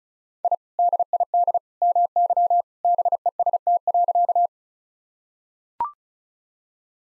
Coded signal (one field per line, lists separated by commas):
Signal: Morse code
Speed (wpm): 35 wpm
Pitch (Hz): 700 Hz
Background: none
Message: I DID MY BEST.